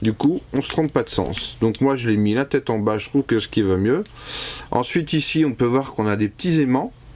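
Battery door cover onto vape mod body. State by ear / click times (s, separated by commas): not seated / none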